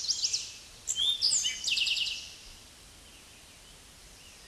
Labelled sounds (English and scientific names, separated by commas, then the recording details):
Eastern Towhee (Pipilo erythrophthalmus) song
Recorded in a Pennsylvania forest on 16 May 2024 at 06:05
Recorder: AudioMoth, point MSD-2166
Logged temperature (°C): 16.3 °C
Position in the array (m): 109 m, 6 m